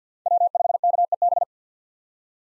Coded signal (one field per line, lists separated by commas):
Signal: Morse code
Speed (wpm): 50 wpm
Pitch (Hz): 700 Hz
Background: none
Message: W5KEB